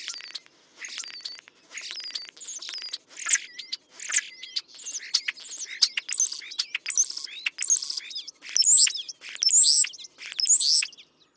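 European starling singing in bursts of about a second, mixing whistles, clicks and harsh buzzy rattles, each phrase separated by brief pauses and growing louder toward the end.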